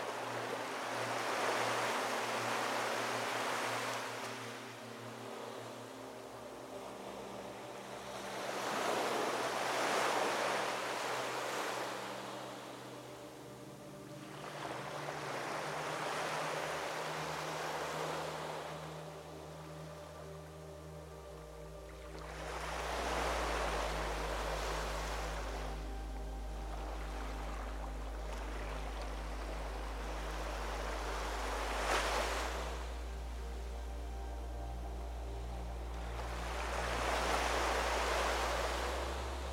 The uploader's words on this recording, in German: EINSCHLAFEN zum Klang der WELLEN und einer ENTSPANNENDEN Melodie. Das Rauschen der Wellen und musikalische Harmonien sich vermischen. Klang der Ozeanwellen.